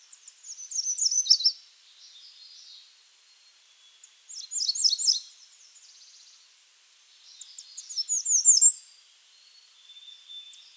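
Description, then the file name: American redstart song: three high, thin phrases of quick slurred notes separated by pauses of a few seconds, with faint quieter notes between. Serial-mode song. "AMRE SONG SERIALMODE - American Redstart - Setophaga ruticilla"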